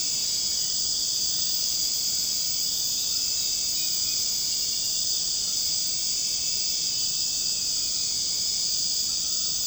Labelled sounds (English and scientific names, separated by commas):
none